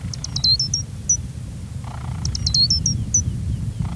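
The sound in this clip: Gray's lark calls: two bursts of quick high chips with a sliding note, each followed by a few single notes, over strong low rumbling background noise.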